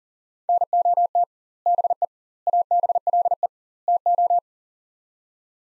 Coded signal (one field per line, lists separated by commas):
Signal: Morse code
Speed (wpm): 40 wpm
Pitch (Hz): 700 Hz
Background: none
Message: NOT BE ABLE TO